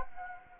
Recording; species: mosquito wingbeat signal from an infrared sensor; Anopheles gambiae